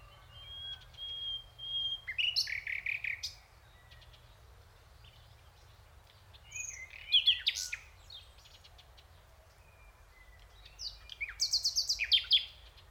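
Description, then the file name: Common nightingale delivering three separate bursts of song, each mixing a thin whistle, harsh rattles and quick repeated notes, with pauses between and a constant low hum. "Luscinia megarhynchos"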